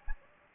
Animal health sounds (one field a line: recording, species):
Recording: mosquito wingbeat signal from an infrared sensor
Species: Anopheles gambiae